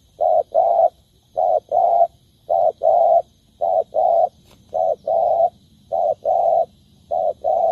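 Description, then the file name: Spotted dove cooing: steady pairs of low, soft notes, a short coo followed by a longer one, repeated about once a second throughout. Cooing (Vietnamese: gáy). "tieng cu dat gay"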